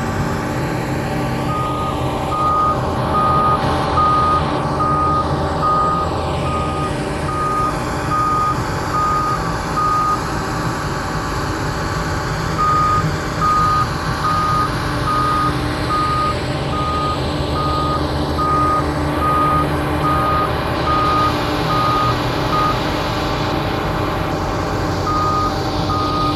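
Demolition work at a pier, dominated by heavy machinery: a constant low engine rumble with a grinding, clattering texture that stays loud throughout. A steady, high-pitched reversing beep repeats over much of the recording, signaling a truck or vehicle backing up.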